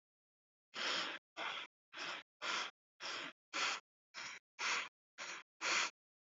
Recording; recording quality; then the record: shallow breathing; excellent, no background noise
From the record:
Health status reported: healthy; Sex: female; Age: 25 years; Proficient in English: no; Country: India